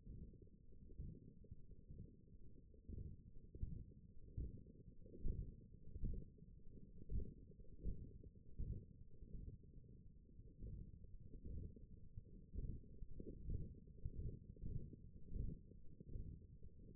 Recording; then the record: forearm muscle sounds (acoustic myography)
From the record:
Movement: ulnar deviation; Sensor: system 1, eight BSWA MPA416 microphones around the upper forearm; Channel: 5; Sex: male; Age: 21 years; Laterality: right